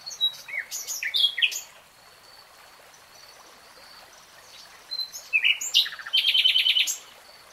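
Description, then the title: Nightingale song: a string of varied sharp whistled phrases, a quiet pause, then rich chattering notes ending in a quick buzzy trill. Nightingale singing in real time. "[Tiếng chim hót] Nightingale Singing"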